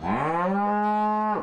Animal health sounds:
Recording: contact call of a hoofed animal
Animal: cattle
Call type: low-frequency (closed-mouth) or high-frequency (open-mouth) call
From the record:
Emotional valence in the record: negative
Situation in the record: full separation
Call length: 1.43 s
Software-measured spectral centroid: 1090 Hz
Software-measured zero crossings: 1560 a second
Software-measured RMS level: -24 dBFS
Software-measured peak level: -14 dBFS

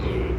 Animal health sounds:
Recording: contact call of a hoofed animal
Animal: pig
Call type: closed-mouth grunt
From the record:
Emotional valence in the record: positive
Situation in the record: food and toys in familiar pen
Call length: 0.39 s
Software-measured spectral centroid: 1290 Hz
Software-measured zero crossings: 820 a second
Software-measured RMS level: -24 dBFS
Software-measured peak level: -13 dBFS

